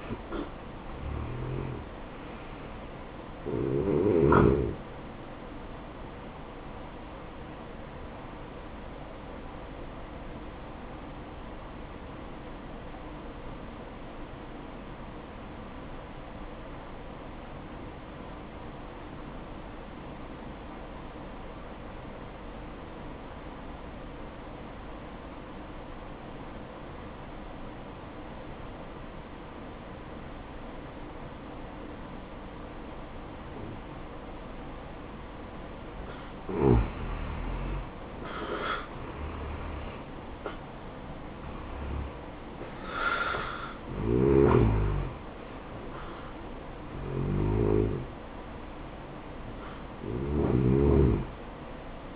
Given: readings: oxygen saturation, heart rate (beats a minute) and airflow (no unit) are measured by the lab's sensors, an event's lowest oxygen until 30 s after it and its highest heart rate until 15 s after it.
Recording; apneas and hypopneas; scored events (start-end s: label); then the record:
breathing in sleep by a voice recorder at the bedside; 1
2.00-52.16 s: new sleep stage, N1 (lightest sleep)
8.00-37.00 s: hypopnea (N1, oxygen 95% highest, then 83% lowest, heart rate 61 at the start, 74 highest)
From the record:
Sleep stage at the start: N2 (light sleep); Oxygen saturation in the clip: 83 to 95%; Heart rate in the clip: 61 to 76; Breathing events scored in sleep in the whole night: 573 in 9.8 hours asleep